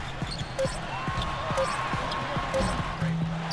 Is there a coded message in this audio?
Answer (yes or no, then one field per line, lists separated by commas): no